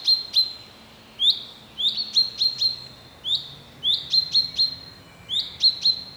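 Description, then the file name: Common chaffinch giving clipped metallic 'pink' calls, single notes and quick runs of several, with a faint continuous high whine in the background. "Fringilla coelebs"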